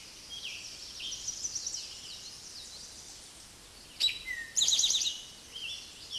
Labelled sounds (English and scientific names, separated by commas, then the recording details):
Eastern Towhee (Pipilo erythrophthalmus) song
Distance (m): 5 m
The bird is about level with the microphone
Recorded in a Pennsylvania forest on 16 May 2024 at 06:13
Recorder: AudioMoth, point MSD-2166
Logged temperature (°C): 16.3 °C
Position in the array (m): 109 m, 6 m